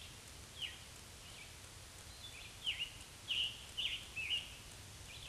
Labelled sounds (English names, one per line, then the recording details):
Scarlet Tanager song
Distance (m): 45 m
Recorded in a Pennsylvania forest on 1 June 2023 at 08:06
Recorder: AudioMoth, point grid3_18_low
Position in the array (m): 164 m, 140 m